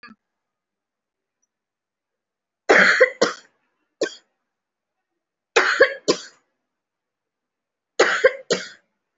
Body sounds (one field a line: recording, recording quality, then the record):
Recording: heavy voluntary cough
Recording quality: excellent, no background noise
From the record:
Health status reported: respiratory illness, not identified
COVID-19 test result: negative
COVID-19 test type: RT-PCR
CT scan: not taken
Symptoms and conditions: cough, sore throat, fatigue, muscle pain, asthma, chronic lung disease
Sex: female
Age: 33 years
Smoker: no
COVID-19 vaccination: one dose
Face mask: worn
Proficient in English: no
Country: India